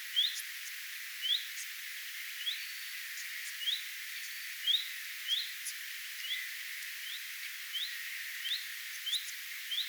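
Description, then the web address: Common redstart alarm: clear rising whistles spaced roughly one a second, interspersed with thin high clicks, against steady hiss. Alarm or attention calls, recorded 3 May 2025. "paivat 3 5 2025 leppalinnun huomioaantelya"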